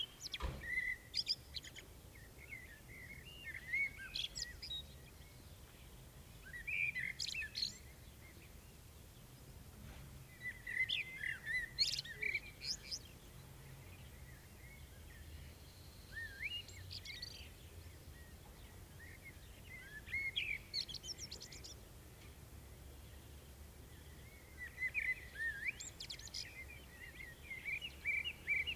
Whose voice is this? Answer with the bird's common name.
Common Blackbird